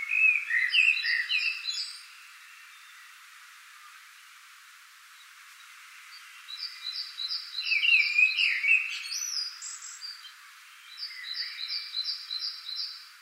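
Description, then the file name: Common blackbird song: fluted, slurred phrases with squeaky twitters, and a quick run of high, even notes between and over the phrases. "Turdus merula"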